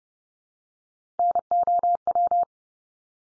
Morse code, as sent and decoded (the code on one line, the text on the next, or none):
-. --- .--
NOW